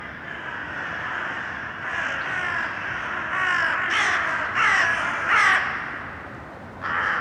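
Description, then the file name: Crows cawing in harsh, hoarse bursts, several calls mostly in the middle with another near the end, over steady background noise. Crows in an urban setting. "Detunized - Urban Crows"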